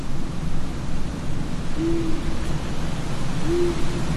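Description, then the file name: Owl hooting twice, single low steady hoots a short interval apart, under a constant roar of wind. Night graveyard ambience with wind; horror sound effect. "zapsplat horror gravyard ambience night wind owl church bell"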